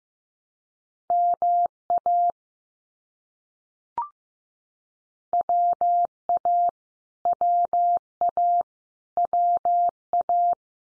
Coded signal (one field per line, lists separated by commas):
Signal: Morse code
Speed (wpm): 15 wpm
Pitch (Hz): 700 Hz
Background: none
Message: MA WA WA WA